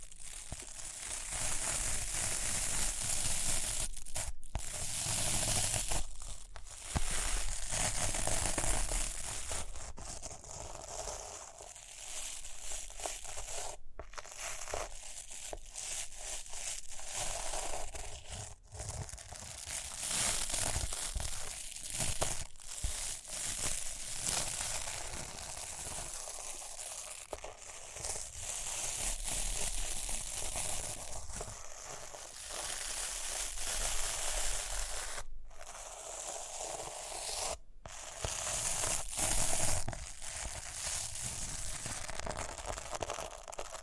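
Rhinestones being scratched, brushed and tapped in a dense, continuous crinkly texture, bright and crisp up high with little low end. The sound runs busily without settling into a regular beat, broken by brief silent gaps near 4, 14, 35 and 37 seconds.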